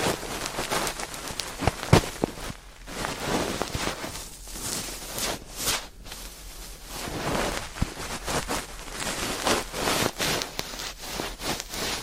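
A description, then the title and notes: Ear cleaning brings steady, irregular scraping and rustling, with soft brushing swells and sharp crackly clicks near two, eight and ten seconds. ASMR 자극주의 따끔따끔 3dio 귀청소 | ear cleaning.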